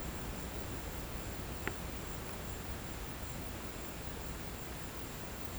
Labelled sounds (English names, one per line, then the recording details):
none
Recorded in pastures near Puerto Asís, Putumayo, Colombia, on 24 March 2025 at 15:00
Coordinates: 0.472, -76.329
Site G074